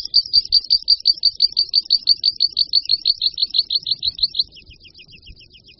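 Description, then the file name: Meadow pipit singing a fast series of sharp, high repeated notes that switches after four seconds to a softer run of quick, downward-slurred notes. "Linduška-luční"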